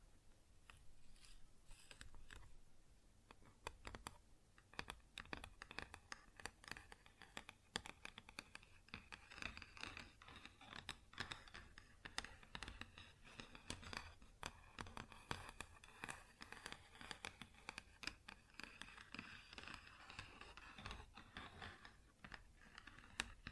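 Tapping and scratching on a wood surface, a dense run of quick, irregular clicks and taps that sounds a lot like typing. The taps are sharp and bright, with short scraping passages between them, and the activity continues unbroken for the whole clip.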